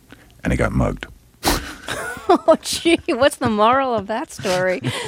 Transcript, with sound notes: and he got mugged.
(Laughter) Oh, gee, what's the moral of that story?